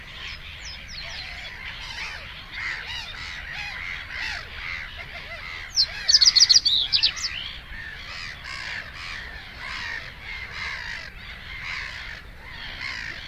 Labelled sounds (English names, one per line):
Reed Bunting song